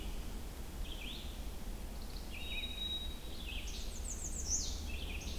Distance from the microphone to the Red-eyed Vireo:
about 75 m